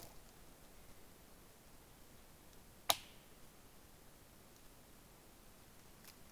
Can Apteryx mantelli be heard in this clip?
no